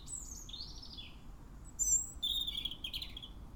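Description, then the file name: European robin song with thin, high, falling whistles, a brief silvery trill, then warbled wavering notes, all high-pitched above a low rumble. "Erithacus rubecula"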